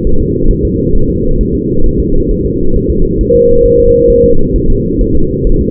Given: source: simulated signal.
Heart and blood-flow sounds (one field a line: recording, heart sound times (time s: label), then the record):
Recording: fetal heart sounds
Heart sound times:
0.07 s: S1
0.21 s: S2
0.51 s: S1
0.65 s: S2
0.95 s: S1
1.09 s: S2
1.41 s: S1
1.55 s: S2
1.86 s: S1
2.00 s: S2
2.31 s: S1
2.45 s: S2
2.76 s: S1
2.90 s: S2
3.21 s: S1
3.35 s: S2
3.66 s: S1
3.80 s: S2
4.10 s: S1
4.25 s: S2
4.56 s: S1
4.70 s: S2
5.01 s: S1
5.15 s: S2
5.47 s: S1
5.61 s: S2
From the record:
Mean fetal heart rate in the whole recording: 135 bpm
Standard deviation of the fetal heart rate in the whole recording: 3 bpm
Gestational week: 36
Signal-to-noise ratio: -19.1 dB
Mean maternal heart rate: 72 bpm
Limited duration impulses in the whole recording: present